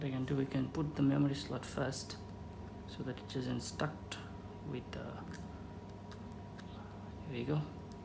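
Someone talks while handling a microSD memory card at the card slot of a Hero 5 Black action camera, pushing it toward the slot, with soft handling rustles and light taps over a faint steady hum. The card has not clicked or seated yet by the end of the clip; only a small tick is heard near 7.9 s.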